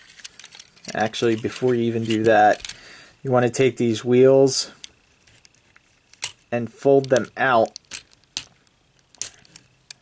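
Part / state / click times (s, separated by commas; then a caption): plastic wheel assembly on a transforming robot toy / seated / 8.4 s, 9.2 s. Someone talks while the plastic wheels on a transforming robot toy are folded out, with light handling clicks throughout. The wheel assembly clicks into place with two sharp clicks at about 8.4 s and 9.2 s, leaving it seated.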